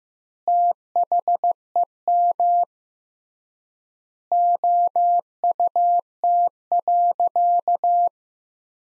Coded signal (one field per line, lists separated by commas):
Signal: Morse code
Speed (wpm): 16 wpm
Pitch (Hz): 700 Hz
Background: none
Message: THEM OUT.